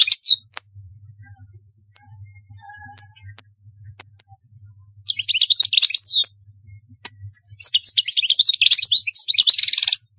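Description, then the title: European goldfinch twittering song: a brief opening phrase, a quiet stretch with a low hum, then two bursts, the later one ending in a dry buzzy trill. "Chant Chardonneret"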